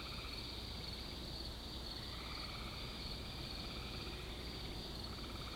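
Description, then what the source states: Crickets giving a steady high trill, with lower pulsed chirping that comes and goes under it, all over a constant background hiss. Crickets in an insect ambience.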